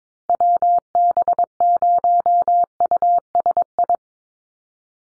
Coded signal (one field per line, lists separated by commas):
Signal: Morse code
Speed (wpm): 22 wpm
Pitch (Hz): 700 Hz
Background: none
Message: WB0USI